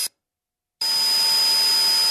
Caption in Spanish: Zumbido en el oído.